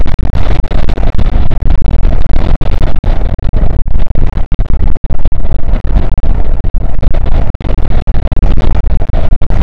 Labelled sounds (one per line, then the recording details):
wind
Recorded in the Arctic National Wildlife Refuge, Alaska, on 5 June 2019 at 00:00
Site 48